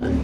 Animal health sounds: pig call; growing-finishing pig (85 days or more)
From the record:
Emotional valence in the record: negative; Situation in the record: barren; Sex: female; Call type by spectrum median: low-frequency call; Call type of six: low-frequency stable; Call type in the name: low-frequency stable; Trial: 3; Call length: 0.24 s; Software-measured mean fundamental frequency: 40 Hz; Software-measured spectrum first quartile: 116 Hz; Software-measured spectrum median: 238 Hz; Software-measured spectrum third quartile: 387 Hz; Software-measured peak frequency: 249 Hz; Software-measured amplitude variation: 97 dB a second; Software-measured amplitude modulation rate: 30.8 a second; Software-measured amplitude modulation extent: 3.2 dB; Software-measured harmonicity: -2.1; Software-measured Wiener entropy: -0.83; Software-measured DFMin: 1095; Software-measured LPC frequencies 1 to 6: 303, 1561, 2425, 3059, 3684, 4669 Hz

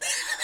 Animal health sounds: pig call; weaner (32 to 43 days)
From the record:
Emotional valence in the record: negative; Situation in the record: restrain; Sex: male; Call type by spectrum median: high-frequency call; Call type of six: high-frequency stable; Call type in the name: high-frequency stable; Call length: 0.45 s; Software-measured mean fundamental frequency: 456 Hz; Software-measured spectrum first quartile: 2177 Hz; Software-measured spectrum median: 4204 Hz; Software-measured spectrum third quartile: 7172 Hz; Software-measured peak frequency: 1805 Hz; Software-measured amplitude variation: 148 dB a second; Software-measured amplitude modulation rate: 20.2 a second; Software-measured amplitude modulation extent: 7.3 dB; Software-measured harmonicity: 0.7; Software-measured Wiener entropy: -1.68

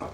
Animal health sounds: pig call; growing-finishing pig (85 days or more)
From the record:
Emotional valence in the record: positive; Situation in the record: run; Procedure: transit

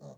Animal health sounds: pig call; piglet (1 to 25 days)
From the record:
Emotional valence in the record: negative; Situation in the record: short isolation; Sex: female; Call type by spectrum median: low-frequency call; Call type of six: low-frequency stable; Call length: 0.18 s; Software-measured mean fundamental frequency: 51 Hz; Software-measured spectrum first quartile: 166 Hz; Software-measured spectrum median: 388 Hz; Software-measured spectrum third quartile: 692 Hz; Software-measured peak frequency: 559 Hz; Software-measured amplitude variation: 111 dB a second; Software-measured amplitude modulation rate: 2.8 a second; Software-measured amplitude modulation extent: 39.2 dB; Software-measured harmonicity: 0.2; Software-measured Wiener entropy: 0.12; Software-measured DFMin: 1241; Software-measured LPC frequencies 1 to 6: 590, 3778, 4303, 5826, 6503, 6872 Hz

